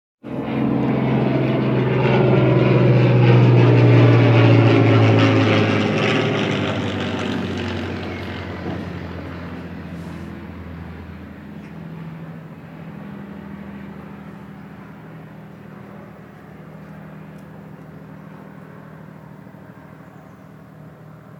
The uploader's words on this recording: Historic Spitfire above Waalre NL. Sound off a Spitfire historic aircraft above Waalre The Netherlands.